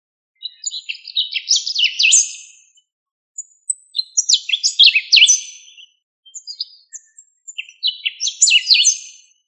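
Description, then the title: Bird singing in three bursts of rapid, high, jumbled chirps and trills, each phrase lasting about two to three seconds with short pauses between. "LuckyPassaro Completos2Sama"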